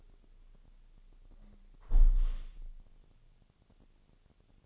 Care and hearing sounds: daily activity, microphone in the room; close window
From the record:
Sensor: 4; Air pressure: 1001.2 hPa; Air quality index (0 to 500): 176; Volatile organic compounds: 2 ppm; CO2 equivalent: 1258 ppm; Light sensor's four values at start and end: 12/27/11/12 and 12/27/11/11

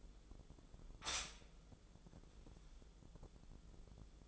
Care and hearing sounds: daily activity, microphone in the room; stop toaster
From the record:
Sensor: 5

